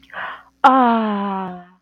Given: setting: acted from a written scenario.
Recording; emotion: vocal sound without words; awe